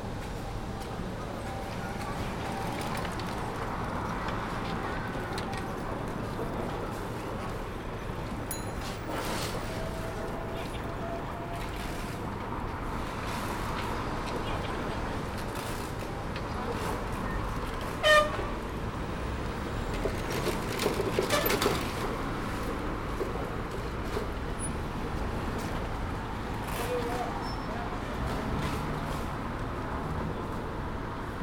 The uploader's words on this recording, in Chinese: 仿佛在北大南门等人｜城市声音。气温在1度左右。